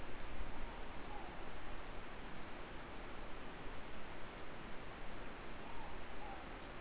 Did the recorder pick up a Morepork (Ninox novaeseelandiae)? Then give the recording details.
yes. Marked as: faintness 4/5. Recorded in New Zealand. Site Eglinton